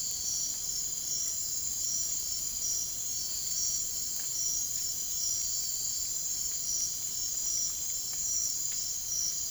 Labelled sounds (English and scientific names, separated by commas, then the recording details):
none
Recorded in dense forest near Puerto Asís, Putumayo, Colombia, on 23 June 2025 at 02:30
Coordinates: 0.503, -76.323
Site G059